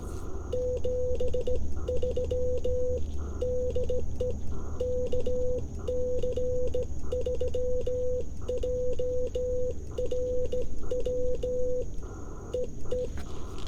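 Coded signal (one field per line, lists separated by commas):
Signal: Morse code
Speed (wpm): 17 wpm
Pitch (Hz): 500 Hz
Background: none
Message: 73 DE KC3JRW EE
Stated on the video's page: 15 wpm CW POTA park activation sent on a J-38 straight key with an Icom IC-705 into an end-fed half-wave antenna, on 40 metres.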